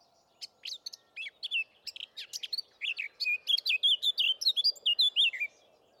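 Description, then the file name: Eurasian blackcap singing: soft chattering notes that build into a rich run of bright, fluty whistled phrases, with a low steady hum behind. "Sylvia atricapilla"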